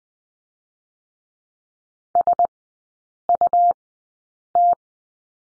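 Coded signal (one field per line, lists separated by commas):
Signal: Morse code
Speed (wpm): 20 wpm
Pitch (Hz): 700 Hz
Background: none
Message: SUT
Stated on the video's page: Morse code course lesson on the letter U with three characters at Farnsworth speed 20/10 wpm.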